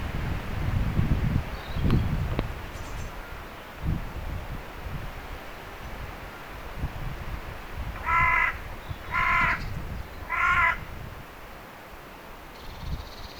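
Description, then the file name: Carrion crow calling three harsh, hoarse caws about a second apart after a stretch of low background rumble. "Corvus corone"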